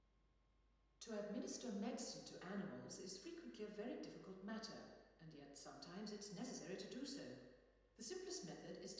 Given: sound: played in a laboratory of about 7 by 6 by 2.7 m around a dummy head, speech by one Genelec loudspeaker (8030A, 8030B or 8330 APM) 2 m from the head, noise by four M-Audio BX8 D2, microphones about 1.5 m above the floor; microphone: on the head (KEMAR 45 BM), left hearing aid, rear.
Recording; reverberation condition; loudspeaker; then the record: female speech in English; high; 150 degrees to the left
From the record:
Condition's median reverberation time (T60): about 1300 ms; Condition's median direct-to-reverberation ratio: about -4.0 dB